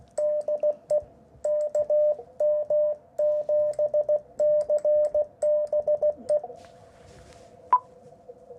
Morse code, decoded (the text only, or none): DE KM7CBE